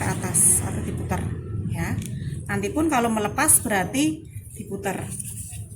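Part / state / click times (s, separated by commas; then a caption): urine drainage bag connector into catheter tubing / not seated / none. A urine drainage bag connector is handled at the catheter tubing, to be pushed up and twisted to lock it on. Someone talks throughout over faint handling noise. Nothing has seated or clicked yet.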